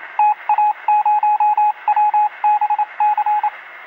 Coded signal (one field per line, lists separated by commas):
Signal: Morse code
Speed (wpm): 27 wpm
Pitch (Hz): 840 Hz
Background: radio noise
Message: TA0WBC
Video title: Fall asleep in minutes with 8 hours of epic morse code.